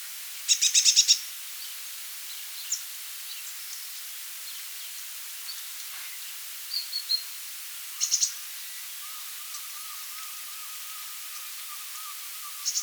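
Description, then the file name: Eurasian blue tit calls: scattered short buzzy, chattering bursts and a few thin high notes separated by quiet gaps. "Cyanistes caeruleus"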